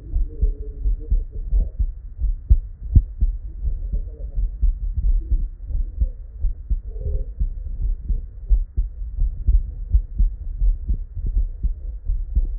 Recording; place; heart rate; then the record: heart sounds by stethoscope; Erb's point; 86 bpm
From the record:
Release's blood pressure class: normal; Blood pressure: 112/68 mmHg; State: at rest